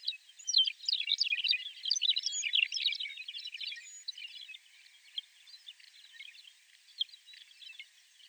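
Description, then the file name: McCown's longspur chattering in a busy stream of high chirps for the first few seconds, then thinning out to sparse single notes. "Mc Cowns-Longspur-Rhynchophanes-mccownii"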